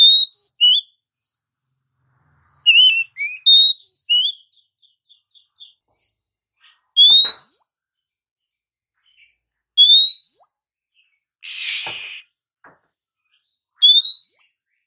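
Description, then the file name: Oriental magpie-robin calling with loud rising whistled slurs and soft ticking notes between them, interrupted once by a short harsh rasping burst. Female; therapy sound to prompt singing. "Suara Terapi Kacer Betina"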